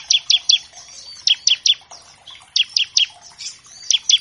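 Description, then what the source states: Bar-winged Prinia song: quick pairs and triplets of bright, downward-sweeping chirps, with softer twittering between the groups. Master track for training captive songbirds of all kinds, meant as a lure to get birds singing quickly.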